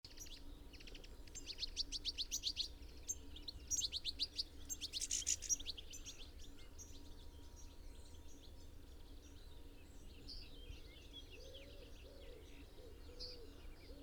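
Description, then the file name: European goldfinch giving rapid, tinkling twittering notes in bursts over the first six seconds, then fading, with steady low background hum throughout. "Carduelis carduelis"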